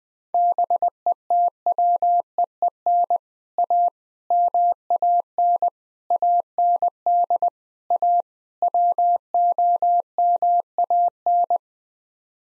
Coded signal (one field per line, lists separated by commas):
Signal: Morse code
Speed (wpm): 20 wpm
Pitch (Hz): 700 Hz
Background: none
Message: BETWEEN A MAN AND A WOMAN